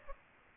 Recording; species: mosquito wingbeat signal from an infrared sensor; Aedes aegypti